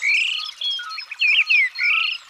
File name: Grive draine